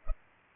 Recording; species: mosquito wingbeat signal from an infrared sensor; Culex pipiens